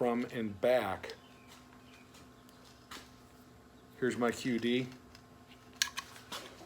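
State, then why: Seated. Someone talks, then the metal push-button quick-detach sling swivel of a Magpul MS3 Gen 2 sling is pushed into the QD mount socket on an AR rifle. A sharp metallic click at 5.8 s marks the swivel popping in and seating.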